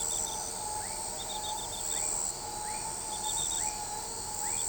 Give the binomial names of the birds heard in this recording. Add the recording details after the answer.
none. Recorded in shrubland near Pivijay, Magdalena, Colombia, on 14 April 2023 at 22:00. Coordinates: 10.453, -74.365. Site P5-G022